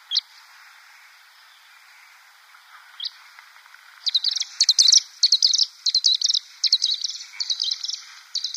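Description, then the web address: Pied kingfisher calling: two isolated sharp high notes, then a sustained, fast, shrill chittering series of squeaky notes in quick clusters. "Schulze Peter Pied Kingfisher"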